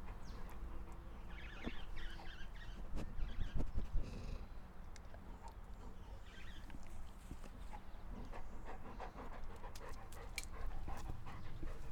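Dog sniffing and gasping, a quiet irregular series of rapid breathy puffs and snuffles with a few small clicks of licking.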